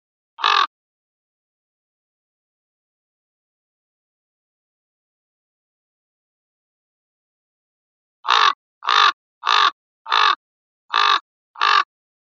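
Common raven calls, one harsh croak, then after a long silence six rough, hoarse croaks in a quick series.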